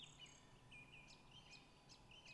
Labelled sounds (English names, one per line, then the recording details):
Song Thrush
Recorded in Germany
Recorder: ecoPi